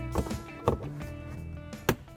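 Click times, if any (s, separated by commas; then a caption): 1.9 s. A replacement Bluetooth handsfree rearview mirror base for a 2013-16 RAM 1500 Classic is placed on the windshield mounting button and twisted, with sharp knocks near 0.2 and 0.7 s over background music. It clicks into place at 1.9 s, and the mirror is seated and installed.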